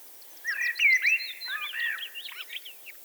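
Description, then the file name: Eurasian blackbird: rich flowing warble of fluty notes mixed with high squeaky chips, running continuously for over two seconds. "Turdus merula"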